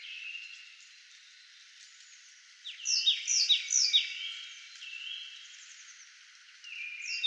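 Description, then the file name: Marsh tit giving a quick series of sharp, falling high notes, with a fresh call starting at the end. "Poecile palustris"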